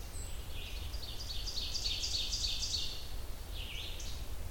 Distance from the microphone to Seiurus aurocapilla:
about 60 m